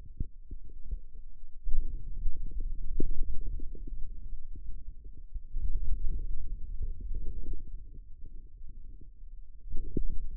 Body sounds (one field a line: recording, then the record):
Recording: forearm muscle sounds (acoustic myography)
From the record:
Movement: finger pinch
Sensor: system 2, bracelet of six BSWA MPA416 microphones around the upper forearm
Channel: 5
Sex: male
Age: 22 years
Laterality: right